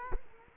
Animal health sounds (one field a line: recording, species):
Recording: mosquito wingbeat signal from an infrared sensor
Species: Culex quinquefasciatus